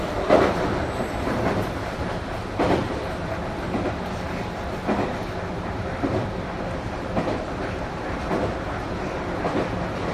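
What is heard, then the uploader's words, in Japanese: A JR 221 series train runs with a steady low rumble, punctuated by rhythmic clicks from the rails roughly every one to two seconds. JR221系 奈良→JR難波。関西本線（大和路線）で録音をしました。車体は普通鋼製である。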